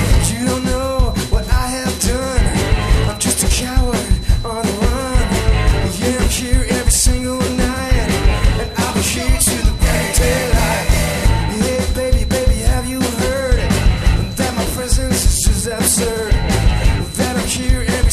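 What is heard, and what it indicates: A thin, steady high-pitched whistle at 4 kHz, set at 30 dB, runs unbroken beneath a busy piece of music with drums and melody. It simulates tinnitus, the constant ringing in the ears heard by people with the condition.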